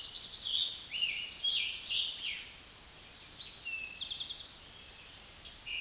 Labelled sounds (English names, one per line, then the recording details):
Eastern Towhee song
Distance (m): 40 m
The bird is about 5 m above the microphone
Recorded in a Pennsylvania forest on 16 May 2024 at 06:01
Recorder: AudioMoth, point MSD-2376
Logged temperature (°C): 16.7 °C
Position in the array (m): 109 m, 6 m